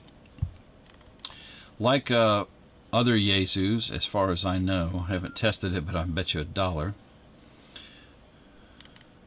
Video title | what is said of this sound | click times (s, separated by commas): FT5D Hands on and review | the battery goes back in by setting it down and press until it clicks | 1.2 s